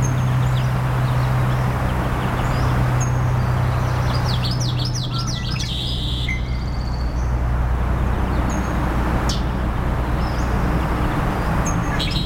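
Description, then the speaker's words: Common Yellowthroat song, a short run of several quick wavy rolling phrases over a constant low hum, with scattered faint chirps. Twitchy song in a live marsh soundscape during a 24-hour Earth Day broadcast, 22 April 2026, 9:30, Saturna Island, British Columbia, Canada. "Those are the sounds of the twitchy, twitchy song of the common yellowthroat."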